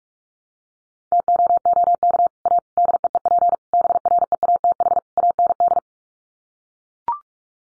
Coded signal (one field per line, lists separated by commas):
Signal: Morse code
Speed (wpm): 44 wpm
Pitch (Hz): 700 Hz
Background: none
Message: TOOK A DEEP BREATH AND